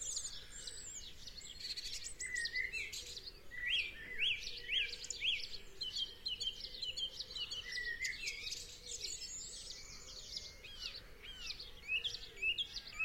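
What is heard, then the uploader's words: A dawn chorus of many birds singing at once, with quick chirps and sweeping whistles overlapping throughout the clip. The calls are bright and busy, with a thicker burst of song around four to six seconds, over a faint low steady hum. The dawn chorus and the little sparrow that started it all.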